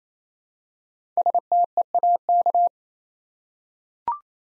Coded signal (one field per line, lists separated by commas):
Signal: Morse code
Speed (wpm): 28 wpm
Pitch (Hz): 700 Hz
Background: none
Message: STEAK